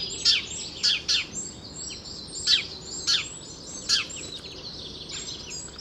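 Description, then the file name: House sparrow chirping in loose bursts, several bright, abrupt notes, some in quick pairs, over light background twittering. "Passer domesticus"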